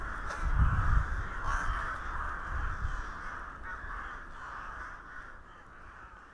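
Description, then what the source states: Crows cawing in an unbroken harsh chorus that fades slightly toward the end, with low rumbling noise at the start. Crows in Hernals, Vienna, in December 2021.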